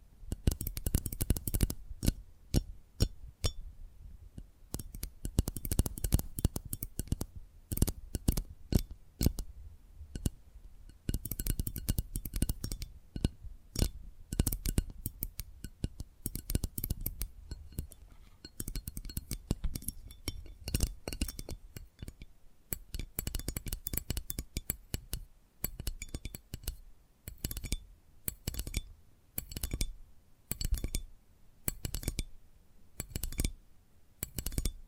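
Tapping triggers: rapid, crisp taps and clicks with a glassy, clinking edge, packed densely through most of the clip. Bursts come in quick clusters, thinning in the last ten seconds into more separated, regular taps with short gaps between them.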